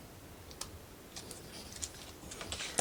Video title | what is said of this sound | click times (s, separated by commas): ROKR Gravity Swing: Sky Captain Step 4 (END) | Okay, there it went. Nice little click. | 2.8 s